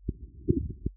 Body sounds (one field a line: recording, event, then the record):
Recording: neck accelerometer signal played as sound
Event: voluntary cough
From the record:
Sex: male